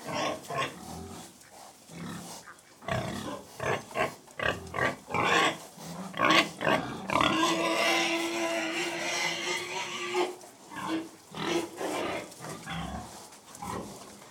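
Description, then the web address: Several pigs grunt in quick repeated bursts, then one long, drawn-out squeal rises above the group before the grunting resumes. Pigs feeding; livestock. "The BBC Sound Effects Library (Livestock) Pigs Feeding"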